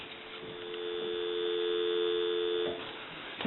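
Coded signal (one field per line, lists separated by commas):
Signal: telephone call progress tone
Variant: North America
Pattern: dial tone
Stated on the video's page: Heard during checkout and repair of a Bell rotary payphone.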